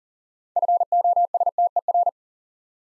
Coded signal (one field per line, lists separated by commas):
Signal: Morse code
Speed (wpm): 37 wpm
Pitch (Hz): 700 Hz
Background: none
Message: FOSTER